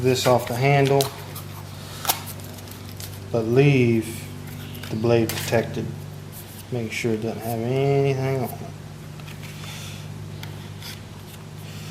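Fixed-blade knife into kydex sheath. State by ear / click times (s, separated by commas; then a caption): not seated / none. Someone talks while handling a fixed-blade knife and a newly formed kydex sheath, with short taps and rustles at about 2.4, 2.7, 2.9, 9.2 and 10.4 seconds. The blade is being readied to push into the sheath until the molded retention snaps over the handle, but nothing has seated or clicked yet.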